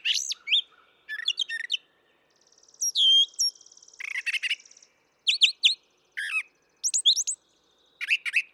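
Brown thrasher singing varied, loud phrases: high slurred whistles, a steady buzzy rattle, then paired sharp notes repeated in short bursts.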